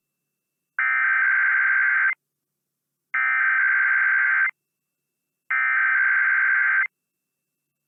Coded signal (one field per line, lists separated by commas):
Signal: Emergency Alert System (SAME) tones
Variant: header bursts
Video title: The Usual Weekend Tests (EAS #21506-21509) 8/10-11/24